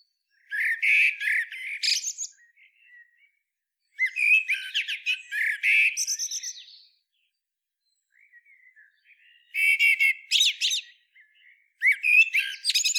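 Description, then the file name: Eurasian blackbird song in four phrases, rich warbled whistles breaking into thin, high squeaky flourishes, separated by pauses. "Turdus merula"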